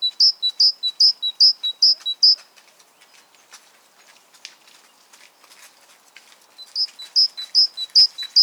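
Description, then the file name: Great tit song of quick two-note phrases, a long pause with faint ticking, then the repeated phrases resume. "Parus major"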